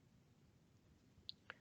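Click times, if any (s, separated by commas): 1.3 s, 1.5 s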